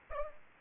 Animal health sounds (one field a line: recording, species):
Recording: mosquito wingbeat signal from an infrared sensor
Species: Aedes aegypti